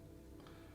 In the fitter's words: Okay, so it's clicked in place there.